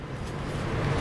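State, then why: Not seated. A push-button lock cylinder is handled at an aluminum trailer door lock fitted around the door handle, where pressing it in will lock the pin in place. Only a steady low rumble that slowly grows louder is heard, with no distinct clicks. Nothing has seated or clicked yet.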